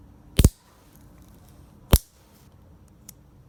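A replacement tilt latch/lock part on a Marvin Next Generation double hung window sash is rotated counterclockwise by hand. It passes two sharp detent clicks at 0.4 s and 2.0 s, with a faint tick near 3.1 s, and the latch is seated.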